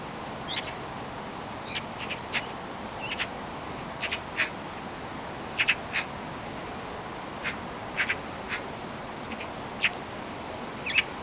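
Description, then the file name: Eurasian magpie uttering dry, scratchy single and doubled notes at uneven intervals throughout, with constant low hiss behind. "Pica pica"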